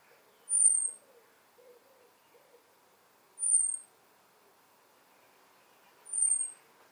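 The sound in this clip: European robin calling with three thin, very high, drawn-out whistles that dip slightly, spaced roughly three seconds apart against faint background noise.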